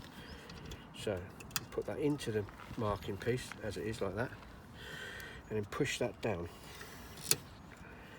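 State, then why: Seated. Someone talks while changing a standard bulb for an LED, then pushes the fitted bulb holder piece down into the vehicle light housing. A sharp plastic click at 7.3 s shows the piece has seated in the light unit.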